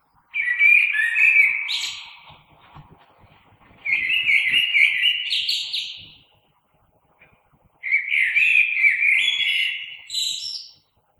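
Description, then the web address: Common blackbird delivering three separate phrases, each a low, rich whistled warble ending in a brief high squeaky flourish, spaced about four seconds apart. Recorded 3 March 2020. "oiseaux Merle 2020 03 03"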